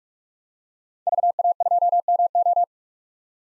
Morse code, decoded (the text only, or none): VA2MO